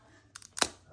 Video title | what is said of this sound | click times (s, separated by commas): Installing the Nucular P24F controller on my Surron Light Bee X | And you're going to want to hear that click. Make sure you hear that click. | 0.6 s